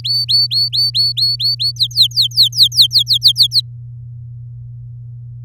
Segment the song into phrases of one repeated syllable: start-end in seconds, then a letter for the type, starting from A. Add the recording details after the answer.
0.00-1.72 A, 1.76-3.61 B. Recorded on 7 May 2018 at 16:34. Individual llb16